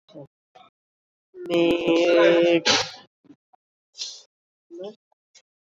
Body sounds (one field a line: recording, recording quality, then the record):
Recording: sustained vowel as in made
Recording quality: moderate, slight background noise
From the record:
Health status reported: COVID-19 positive, mild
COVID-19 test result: positive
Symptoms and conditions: none ticked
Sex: female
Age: 52 years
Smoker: not ticked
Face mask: not worn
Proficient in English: yes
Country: India